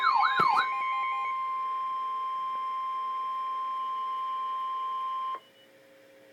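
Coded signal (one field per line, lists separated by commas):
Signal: Emergency Alert System (SAME) tones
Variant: 1050 Hz attention tone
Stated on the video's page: Real Severe Thunderstorm Warning.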